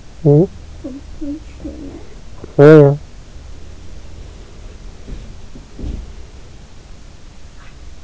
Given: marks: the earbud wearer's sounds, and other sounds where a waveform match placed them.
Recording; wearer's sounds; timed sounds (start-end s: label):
sounds in sleep by an in-ear microphone; talking in sleep, breath, body movement, swallowing
0.00-0.67 s: talking in sleep
0.67-2.18 s: sound from someone else or the room
2.41-3.16 s: talking in sleep
3.61-6.60 s: breath
4.73-6.60 s: body movement
7.40-7.89 s: swallowing